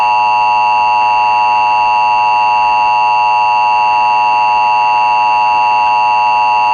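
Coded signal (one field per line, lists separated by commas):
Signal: Emergency Alert System (SAME) tones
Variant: 853 and 960 Hz attention tone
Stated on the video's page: Fictional analog-horror EAS scenario using valid tones generated by an EAS encoder.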